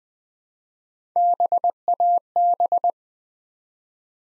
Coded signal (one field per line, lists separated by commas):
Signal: Morse code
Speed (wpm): 20 wpm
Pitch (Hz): 700 Hz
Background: none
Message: BAB